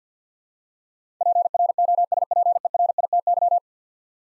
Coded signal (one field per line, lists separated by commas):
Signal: Morse code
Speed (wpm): 50 wpm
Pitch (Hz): 700 Hz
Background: none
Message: PROSPERITY